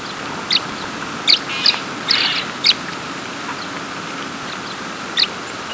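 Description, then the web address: Tree swallow giving short, sharp, high chirps scattered irregularly, over a steady background hum. "swallows trsw"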